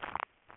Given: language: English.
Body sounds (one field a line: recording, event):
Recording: throat vibration sensor signal played as sound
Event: swallow